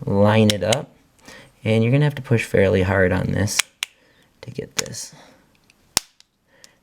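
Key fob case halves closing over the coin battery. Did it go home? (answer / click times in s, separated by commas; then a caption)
yes / 6.0 s. Someone talks while lining up the two plastic halves of a Nissan Sentra/Versa (2013–2022) key fob case over a new coin battery and pushing them together firmly. A few faint handling ticks come first, then a sharp, loud snap at 6.0 s as the case halves snap shut, followed by softer clicks. The case is seated and closed.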